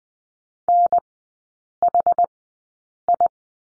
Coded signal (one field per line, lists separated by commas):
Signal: Morse code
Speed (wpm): 20 wpm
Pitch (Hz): 700 Hz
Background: none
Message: NHI